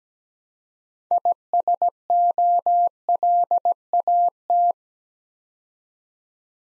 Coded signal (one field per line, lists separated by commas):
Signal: Morse code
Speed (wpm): 17 wpm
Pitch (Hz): 700 Hz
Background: none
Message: ISOLAT